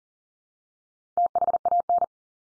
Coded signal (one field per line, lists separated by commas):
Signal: Morse code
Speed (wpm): 40 wpm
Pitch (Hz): 700 Hz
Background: none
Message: THAN